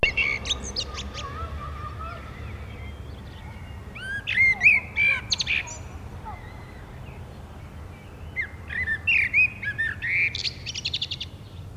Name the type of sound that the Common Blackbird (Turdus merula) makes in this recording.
song